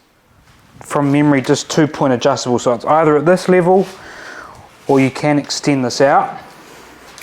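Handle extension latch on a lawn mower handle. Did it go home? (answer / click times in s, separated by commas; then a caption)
no / none. Someone talks while handling the two-position adjustable handle extension latch on a Ryobi 36V brushless lawn mower, getting ready to extend the handle to its second height setting. A few soft handling noises come between the bursts of speech. The clip ends before the part goes home; nothing has seated or clicked yet.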